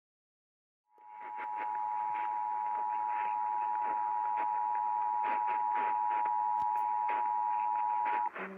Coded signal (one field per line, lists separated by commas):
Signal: Emergency Alert System (SAME) tones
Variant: 853 and 960 Hz attention tone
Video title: Top 10 EAS Alerts of 2016